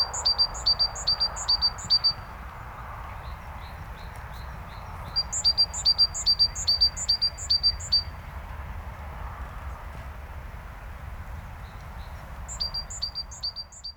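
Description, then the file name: Great tit giving high, ringing two-note phrases repeated rapidly in three bursts, over a steady low rumble of background noise. "Parus major"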